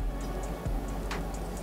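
A borrowed set screw is threaded into an RC car wheel hub and tightened, over a steady low background with faint periodic ticks. A sharp, bright click sounds at 1.1 s as the thread strips out of the hub instead of clamping.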